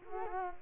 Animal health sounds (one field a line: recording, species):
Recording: mosquito wingbeat signal from an infrared sensor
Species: Culex quinquefasciatus